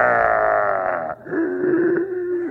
That's a French bulldog. They have breathing problems on top. And when he would snore.